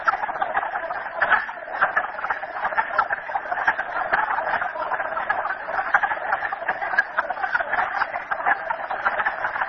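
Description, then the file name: Frogs calling in a dense chorus, many overlapping short clucking, rattling notes forming a steady mid-pitched din that continues without a break throughout. Frogs recorded at Merryspring. "frogs merryspring 42008"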